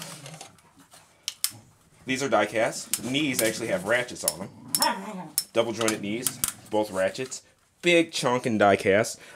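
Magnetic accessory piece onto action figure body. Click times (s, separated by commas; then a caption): 1.3 s, 1.4 s. A magnetic armor piece is pressed onto the die-cast body of a Banana Force MPL-04 Orion Predator action figure and snaps into place. Sharp clicks are heard at 1.3 s and 1.4 s, followed by someone talking with a few more small knocks.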